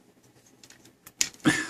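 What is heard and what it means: The gray plastic leg part of a Transformers Prime Voyager Bulkhead transforming robot toy is folded down so its small pegs clip into grooves by the feet. After faint handling, the pegs click into place at 1.2 s, followed by louder plastic handling noise from about 1.5 s. The pegs only sort of lock and don't sit perfectly, but they hold well enough.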